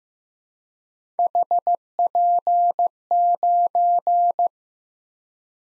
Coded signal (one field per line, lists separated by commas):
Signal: Morse code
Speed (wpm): 15 wpm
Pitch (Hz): 700 Hz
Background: none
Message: HP9